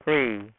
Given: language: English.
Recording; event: throat vibration sensor signal played as sound; speech